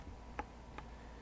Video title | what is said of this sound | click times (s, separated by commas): Roofing, Autobody, HVAC, and More! Milwaukee 2476 M12 FUEL Nibbler Review | very easily lock that back down and now it's locked into place | 0.4 s